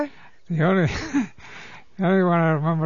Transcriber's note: he laughs